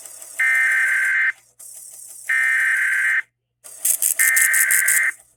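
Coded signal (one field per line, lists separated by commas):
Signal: Emergency Alert System (SAME) tones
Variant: header bursts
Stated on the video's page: Required Monthly Test from broadcast radio stream.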